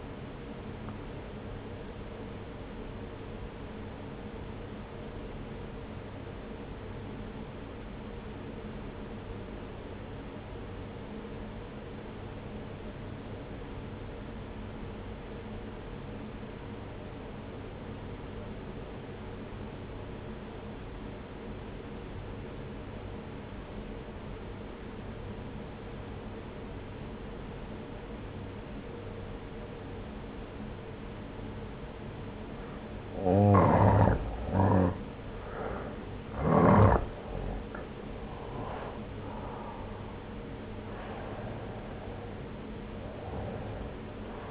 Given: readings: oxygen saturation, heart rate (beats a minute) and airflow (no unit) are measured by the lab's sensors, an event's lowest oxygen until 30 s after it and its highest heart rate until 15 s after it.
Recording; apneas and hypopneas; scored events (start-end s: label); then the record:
breathing in sleep by a voice recorder at the bedside; 1
6.00-35.20 s: obstructive apnea (N1, oxygen 95% highest, then 86% lowest)
13.00-43.00 s: new sleep stage, N2 (light sleep)
43.00-44.51 s: new sleep stage, N1 (lightest sleep)
From the record:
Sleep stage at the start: N1 (lightest sleep); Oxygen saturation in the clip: 85 to 95%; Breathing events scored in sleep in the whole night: 303 in 8.1 hours asleep